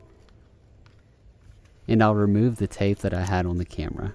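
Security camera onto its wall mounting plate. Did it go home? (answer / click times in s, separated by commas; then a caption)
yes / 0.9 s. A Ring Stick Up Cam security camera body is slid onto its plastic wall mounting plate and clicks as it locks into place at 0.8 s. Faint small ticks precede it. From about 1.9 s, someone talks.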